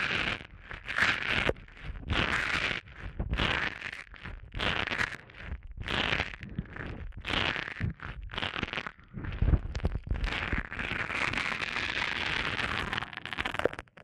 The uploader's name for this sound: ASMR Sensitive Eardrum Massage